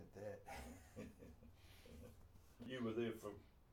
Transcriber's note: chuckles